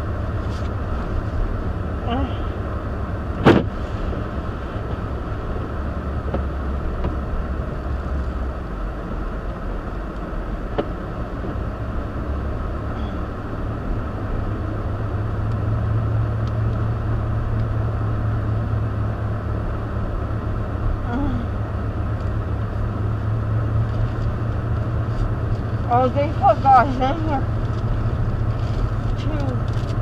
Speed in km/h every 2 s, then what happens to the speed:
32, 32, 31, 24, 16, 18, 26, 34, 35, 35, 32, 37, 40, 42, 40.
4-9 slows to 16. 9-15 speeds up to 35. 15-21 steady at about 35. 21-25 speeds up to 42.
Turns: none.